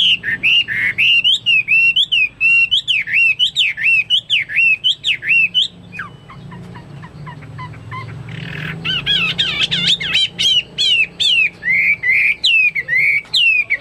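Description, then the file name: Chinese hwamei pouring out looping, undulating whistles, a brief run of dry clicks in the middle, then bright repeated phrases resume. "omkicau hwamei"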